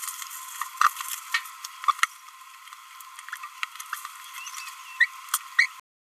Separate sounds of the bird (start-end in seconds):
1.87-1.92, 5.00-5.06